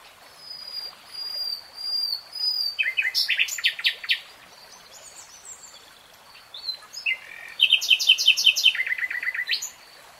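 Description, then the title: Nightingale song with soft whistled notes, a loud bout of clipped repeated notes, a pause, then another rapid churring burst. Singing, from a 3-hour real-time recording. "[Tiếng chim hót] REALTIME Nightingale Singing"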